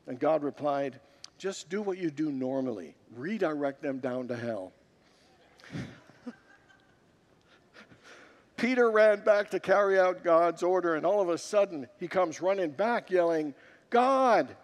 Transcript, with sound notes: And God replied, “Just do what you do normally. Redirect them down to hell.” [Congregants laugh] Peter ran back to carry out God’s order, and all of a sudden, he comes running back yelling, “God!